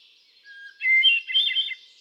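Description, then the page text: Hermit thrush song: a long, clear whistled opening note followed by a higher, fluty, tumbling flourish of quick notes. Male bird cycling through a repertoire of about ten different songs; recorded 13 June 2006 at Quabbin Park, Ware, Massachusetts. "Birdsong for the Curious Naturalist. Hermit thrush. A truly gifted and inspiring songster. Can you hear how he cycles through his repertoire of about ten different songs? June 13, 2006. Quabbin Park, Ware, Massachusetts"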